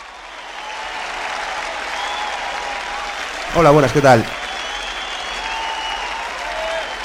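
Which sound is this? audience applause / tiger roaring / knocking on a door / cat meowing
audience applause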